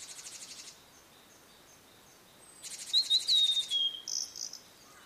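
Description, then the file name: Blue-and-white flycatcher with a short whistled phrase sliding down, then a buzzy note, following a burst of pulsing insect sound. "oruri"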